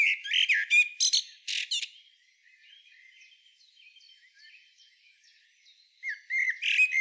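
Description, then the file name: Common blackbird singing: a loud phrase with sharp high notes, a stretch of soft, scratchy twittering, then another loud phrase. "Turdus merula"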